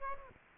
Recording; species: mosquito wingbeat signal from an infrared sensor; Aedes aegypti